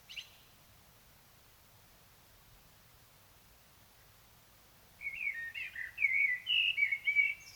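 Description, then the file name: Common blackbird: a brief note at the start, then after several seconds of near silence a mellow warbled phrase ending in a thin high squeak. "Turdus merula"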